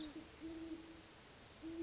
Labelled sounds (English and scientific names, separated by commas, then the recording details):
Great Horned Owl (Bubo virginianus)
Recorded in Sonoma County, California